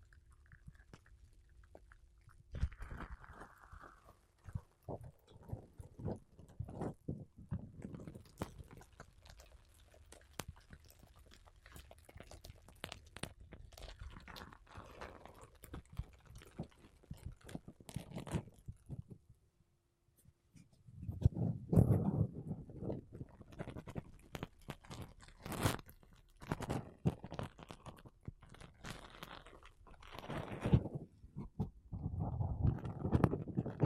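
Makeup brushes and a sponge rub and sweep across a microphone in soft, scratchy strokes, with dense bursts of crackling contact and a low rumble underneath. The brushing is quieter and lighter through the first twenty seconds, pauses briefly, then returns heavier and thicker toward the end.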